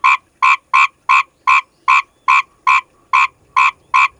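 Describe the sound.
Asian grass frog croaking steadily, eleven short grating notes in quick, even succession.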